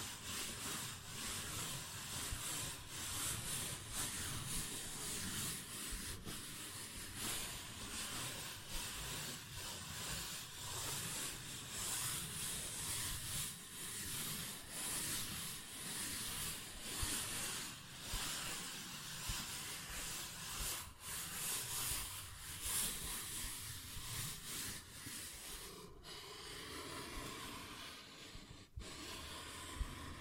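A paper bag is scratched and tapped continuously in a dense, hissing crackle with frequent sharp ticks, easing into a softer texture near the end.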